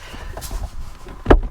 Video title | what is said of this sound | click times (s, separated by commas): Cheap Copart $7100 Porsche 911 996 Carrera New Hard Top | we go yeah that clunk that tells you | 1.3 s